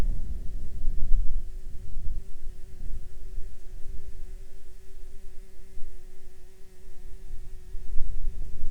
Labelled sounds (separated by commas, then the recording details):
wind, insects
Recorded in the Arctic National Wildlife Refuge, Alaska, on 29 July 2019 at 12:03
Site 48